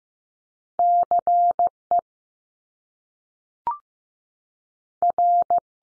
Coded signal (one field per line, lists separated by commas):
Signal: Morse code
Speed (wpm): 15 wpm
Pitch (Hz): 700 Hz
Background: none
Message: C E R